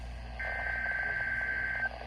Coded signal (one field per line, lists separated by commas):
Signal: Emergency Alert System (SAME) tones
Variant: header bursts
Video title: [EAS #115] BOX Required Weekly Test on KHB35 (10/08/25)